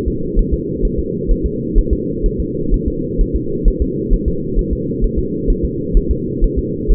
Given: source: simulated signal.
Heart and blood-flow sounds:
fetal heart sounds
0.08 s: S2
0.39 s: S1
0.53 s: S2
0.85 s: S1
0.99 s: S2
1.31 s: S1
1.46 s: S2
1.78 s: S1
1.93 s: S2
2.26 s: S1
2.40 s: S2
2.74 s: S1
2.88 s: S2
3.21 s: S1
3.36 s: S2
3.68 s: S1
3.82 s: S2
4.13 s: S1
4.28 s: S2
4.59 s: S1
4.73 s: S2
5.04 s: S1
5.19 s: S2
5.50 s: S1
5.65 s: S2
5.97 s: S1
6.11 s: S2
6.44 s: S1
6.59 s: S2
6.91 s: S1
From the record:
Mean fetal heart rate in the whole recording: 130 bpm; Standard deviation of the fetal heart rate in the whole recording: 4 bpm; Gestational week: 38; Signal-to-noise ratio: -6.6 dB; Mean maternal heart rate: 72 bpm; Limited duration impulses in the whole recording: present

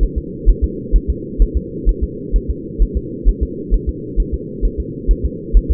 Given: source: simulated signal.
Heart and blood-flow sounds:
fetal heart sounds
0.03 s: S1
0.18 s: S2
0.49 s: S1
0.64 s: S2
0.96 s: S1
1.10 s: S2
1.42 s: S1
1.57 s: S2
1.89 s: S1
2.04 s: S2
2.36 s: S1
2.50 s: S2
2.82 s: S1
2.97 s: S2
3.29 s: S1
3.43 s: S2
3.74 s: S1
3.89 s: S2
4.20 s: S1
4.34 s: S2
4.65 s: S1
4.80 s: S2
5.11 s: S1
5.25 s: S2
5.57 s: S1
5.71 s: S2
From the record:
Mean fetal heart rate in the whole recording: 130 bpm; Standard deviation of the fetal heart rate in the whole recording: 2 bpm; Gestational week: 36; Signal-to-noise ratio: -4.1 dB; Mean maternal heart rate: no maternal heart sound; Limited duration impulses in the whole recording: absent

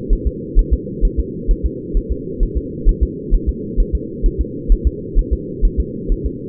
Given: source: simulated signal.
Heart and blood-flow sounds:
fetal heart sounds
0.13 s: S1
0.27 s: S2
0.59 s: S1
0.73 s: S2
1.05 s: S1
1.19 s: S2
1.51 s: S1
1.66 s: S2
1.97 s: S1
2.12 s: S2
2.43 s: S1
2.57 s: S2
2.89 s: S1
3.03 s: S2
3.34 s: S1
3.49 s: S2
3.80 s: S1
3.95 s: S2
4.26 s: S1
4.41 s: S2
4.72 s: S1
4.87 s: S2
5.19 s: S1
5.33 s: S2
5.65 s: S1
5.80 s: S2
6.12 s: S1
6.26 s: S2
From the record:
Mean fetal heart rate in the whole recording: 130 bpm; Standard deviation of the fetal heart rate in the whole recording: 2 bpm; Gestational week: 38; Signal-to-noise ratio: -4.1 dB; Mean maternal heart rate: no maternal heart sound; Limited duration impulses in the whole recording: absent

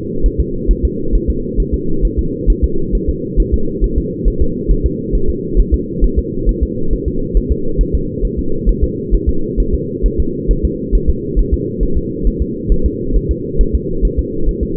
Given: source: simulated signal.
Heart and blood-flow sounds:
fetal heart sounds
0.26 s: S1
0.40 s: S2
0.71 s: S1
0.85 s: S2
1.15 s: S1
1.30 s: S2
1.60 s: S1
1.74 s: S2
2.05 s: S1
2.19 s: S2
2.50 s: S1
2.64 s: S2
2.95 s: S1
3.09 s: S2
3.40 s: S1
3.54 s: S2
3.84 s: S1
3.98 s: S2
4.28 s: S1
4.42 s: S2
4.71 s: S1
4.86 s: S2
5.15 s: S1
5.30 s: S2
5.60 s: S1
5.74 s: S2
6.04 s: S1
6.19 s: S2
6.49 s: S1
6.63 s: S2
6.93 s: S1
7.08 s: S2
7.37 s: S1
7.51 s: S2
7.81 s: S1
7.95 s: S2
8.25 s: S1
8.39 s: S2
8.69 s: S1
8.84 s: S2
9.14 s: S1
9.29 s: S2
9.60 s: S1
9.75 s: S2
10.06 s: S1
10.20 s: S2
10.51 s: S1
10.65 s: S2
10.95 s: S1
11.10 s: S2
11.39 s: S1
11.54 s: S2
11.83 s: S1
11.98 s: S2
12.27 s: S1
12.42 s: S2
12.72 s: S1
12.86 s: S2
13.17 s: S1
13.31 s: S2
13.61 s: S1
13.75 s: S2
14.05 s: S1
14.19 s: S2
14.49 s: S1
14.63 s: S2
From the record:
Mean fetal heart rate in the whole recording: 135 bpm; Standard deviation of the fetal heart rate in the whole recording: 3 bpm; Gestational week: 36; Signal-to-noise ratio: -8.1 dB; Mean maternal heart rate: 72 bpm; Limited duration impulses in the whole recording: absent

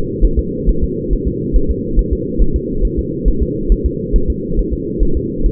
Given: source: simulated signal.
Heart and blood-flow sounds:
fetal heart sounds
0.24 s: S1
0.39 s: S2
0.69 s: S1
0.84 s: S2
1.13 s: S1
1.28 s: S2
1.56 s: S1
1.71 s: S2
1.99 s: S1
2.13 s: S2
2.42 s: S1
2.56 s: S2
2.85 s: S1
2.99 s: S2
3.28 s: S1
3.42 s: S2
3.72 s: S1
3.86 s: S2
4.16 s: S1
4.30 s: S2
4.59 s: S1
4.73 s: S2
5.03 s: S1
5.17 s: S2
5.46 s: S1
From the record:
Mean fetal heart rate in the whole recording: 135 bpm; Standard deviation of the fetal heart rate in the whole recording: 3 bpm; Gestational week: 36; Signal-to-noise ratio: -8.1 dB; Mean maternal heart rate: 72 bpm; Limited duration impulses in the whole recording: present

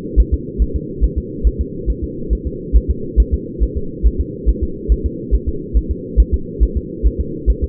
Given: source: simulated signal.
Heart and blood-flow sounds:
fetal heart sounds
0.20 s: S1
0.34 s: S2
0.62 s: S1
0.76 s: S2
1.04 s: S1
1.18 s: S2
1.47 s: S1
1.61 s: S2
1.90 s: S1
2.04 s: S2
2.33 s: S1
2.47 s: S2
2.77 s: S1
2.91 s: S2
3.20 s: S1
3.34 s: S2
3.63 s: S1
3.77 s: S2
4.06 s: S1
4.20 s: S2
4.49 s: S1
4.63 s: S2
4.92 s: S1
5.06 s: S2
5.35 s: S1
5.49 s: S2
5.77 s: S1
5.91 s: S2
6.20 s: S1
6.34 s: S2
6.63 s: S1
6.77 s: S2
7.06 s: S1
7.20 s: S2
7.50 s: S1
7.64 s: S2
From the record:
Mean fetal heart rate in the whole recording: 140 bpm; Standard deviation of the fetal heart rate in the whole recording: 2 bpm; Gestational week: 34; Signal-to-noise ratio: -4.3 dB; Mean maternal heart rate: 72 bpm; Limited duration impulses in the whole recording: absent

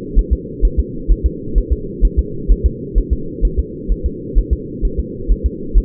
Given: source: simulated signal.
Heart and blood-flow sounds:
fetal heart sounds
0.19 s: S1
0.33 s: S2
0.65 s: S1
0.80 s: S2
1.11 s: S1
1.26 s: S2
1.58 s: S1
1.73 s: S2
2.05 s: S1
2.19 s: S2
2.52 s: S1
2.66 s: S2
2.98 s: S1
3.13 s: S2
3.45 s: S1
3.59 s: S2
3.92 s: S1
4.06 s: S2
4.38 s: S1
4.53 s: S2
4.85 s: S1
5.00 s: S2
5.32 s: S1
5.46 s: S2
5.78 s: S1
From the record:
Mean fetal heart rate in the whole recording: 130 bpm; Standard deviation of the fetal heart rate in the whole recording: 2 bpm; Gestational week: 36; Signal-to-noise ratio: -4.3 dB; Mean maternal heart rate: 72 bpm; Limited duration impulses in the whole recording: absent

